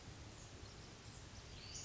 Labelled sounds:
Western Flycatcher (Empidonax difficilis)
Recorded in Sonoma County, California

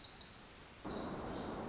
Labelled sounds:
Pacific Wren (Troglodytes pacificus)
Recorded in Sonoma County, California

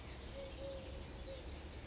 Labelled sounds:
Eurasian Collared Dove (Streptopelia decaocto)
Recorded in Sonoma County, California

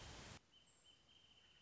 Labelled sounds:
Wrentit (Chamaea fasciata)
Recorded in Sonoma County, California

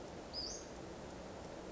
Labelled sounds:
Western Flycatcher (Empidonax difficilis)
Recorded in Sonoma County, California

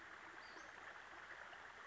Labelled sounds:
Western Flycatcher (Empidonax difficilis)
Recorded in Sonoma County, California

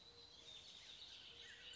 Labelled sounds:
Bullock's Oriole (Icterus bullockii)
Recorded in Sonoma County, California

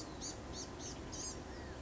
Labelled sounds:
Blue-gray Gnatcatcher (Polioptila caerulea)
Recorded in Sonoma County, California

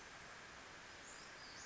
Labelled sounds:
Western Flycatcher (Empidonax difficilis)
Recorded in Sonoma County, California

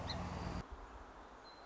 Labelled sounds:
Song Sparrow (Melospiza melodia)
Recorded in Sonoma County, California

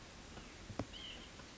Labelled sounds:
White-breasted Nuthatch (Sitta carolinensis)
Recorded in Sonoma County, California

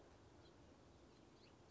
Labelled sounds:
House Finch (Haemorhous mexicanus)
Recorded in Sonoma County, California

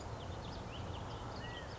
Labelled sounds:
California Quail (Callipepla californica)
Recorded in Sonoma County, California

